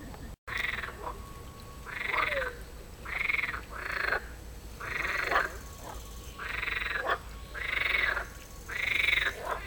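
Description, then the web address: Frog croaking in raspy bursts about every second, each a harsh buzzy croak, over a steady background hiss. "El canto de las ranas"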